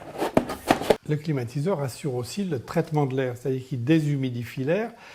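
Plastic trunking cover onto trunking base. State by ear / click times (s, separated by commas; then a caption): seated / 0.4 s. The plastic cover of a wall cable trunking is pressed onto its base and clips into place with a sharp click at 0.4 s, followed by further snaps at 0.7 s and 0.9 s. After that, someone talks for the rest of the clip.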